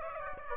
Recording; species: mosquito wingbeat signal from an infrared sensor; Aedes aegypti